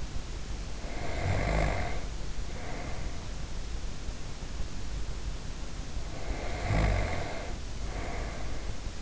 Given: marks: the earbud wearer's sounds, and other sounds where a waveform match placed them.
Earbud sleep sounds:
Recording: sounds in sleep by an in-ear microphone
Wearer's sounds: snoring breath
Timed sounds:
0.68-3.30 s: snoring breath
6.05-9.02 s: snoring breath

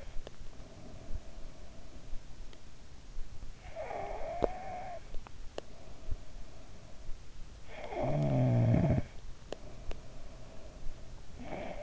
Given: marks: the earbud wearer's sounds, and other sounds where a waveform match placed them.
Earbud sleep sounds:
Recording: sounds in sleep by an in-ear microphone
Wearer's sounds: snoring breath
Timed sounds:
0.00-2.71 s: snoring breath
3.43-7.26 s: snoring breath
7.44-11.83 s: snoring breath

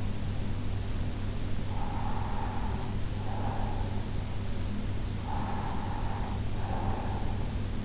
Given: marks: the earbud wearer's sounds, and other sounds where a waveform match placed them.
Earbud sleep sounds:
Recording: sounds in sleep by an in-ear microphone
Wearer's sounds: breath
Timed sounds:
1.40-4.31 s: breath
5.03-7.85 s: breath

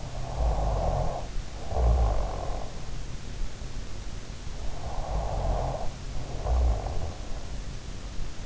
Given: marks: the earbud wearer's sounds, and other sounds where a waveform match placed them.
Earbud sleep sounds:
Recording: sounds in sleep by an in-ear microphone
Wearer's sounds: snoring breath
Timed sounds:
0.00-2.79 s: snoring breath
4.35-7.17 s: snoring breath

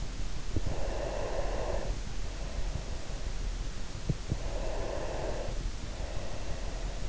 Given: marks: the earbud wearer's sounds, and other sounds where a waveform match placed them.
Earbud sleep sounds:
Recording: sounds in sleep by an in-ear microphone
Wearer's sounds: breath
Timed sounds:
0.47-3.43 s: breath
4.05-7.07 s: breath

